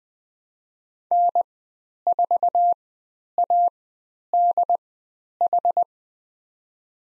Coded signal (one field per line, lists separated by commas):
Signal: Morse code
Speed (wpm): 20 wpm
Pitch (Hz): 700 Hz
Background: none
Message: N4ADH